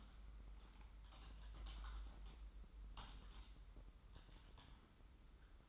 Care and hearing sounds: daily activity, microphone in the room; typing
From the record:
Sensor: 3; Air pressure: 994.4 hPa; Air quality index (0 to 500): 205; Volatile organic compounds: 1000 ppm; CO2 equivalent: 6802 ppm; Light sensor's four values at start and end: 93/219/91/87 and 92/216/90/86

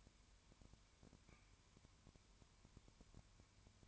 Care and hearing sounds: daily activity, microphone in the room; no activity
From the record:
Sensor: 2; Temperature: 19.9 degrees Celsius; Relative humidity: 32.2%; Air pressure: 1001.1 hPa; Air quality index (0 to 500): 54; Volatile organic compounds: 1 ppm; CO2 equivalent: 601 ppm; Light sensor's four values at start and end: 2/3/2/2 and 2/3/2/2

